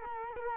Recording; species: mosquito wingbeat signal from an infrared sensor; Culex quinquefasciatus